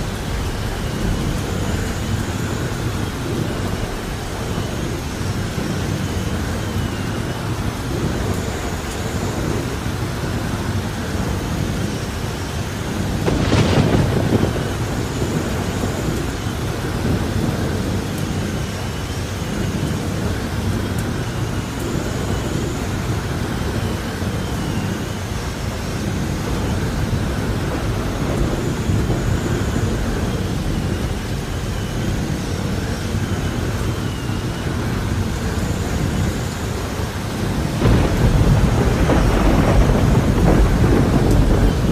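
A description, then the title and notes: Rain falls in a steady, even hiss throughout, with low rumbling underneath. A brief louder swell of thunder rises around the fourteen-second mark, and a longer, heavier roll of thunder builds near the end, from about thirty-eight seconds onward. Sounds of rain and thunder. Combines the gentle patter of rain with the deep, resonant rumble of thunder.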